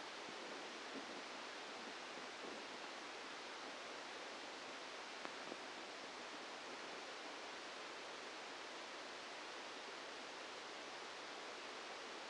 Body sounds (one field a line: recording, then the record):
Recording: brain microelectrode recording played as sound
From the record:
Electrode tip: inside the subthalamic nucleus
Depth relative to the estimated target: 1 mm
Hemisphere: right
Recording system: NeuroSet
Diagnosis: Parkinson's disease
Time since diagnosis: 8 years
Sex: male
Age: 65 years